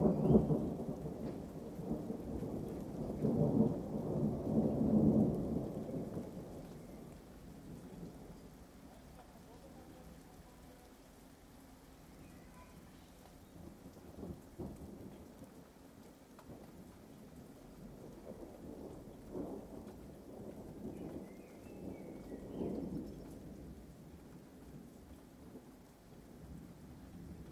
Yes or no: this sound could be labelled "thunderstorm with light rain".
yes